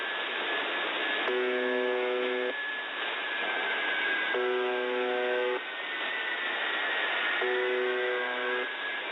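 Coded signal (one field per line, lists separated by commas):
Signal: channel marker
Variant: UVB-76 (The Buzzer)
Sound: three harsh, low buzzes about a second long, every three seconds, over hiss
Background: radio static, faint whistling tone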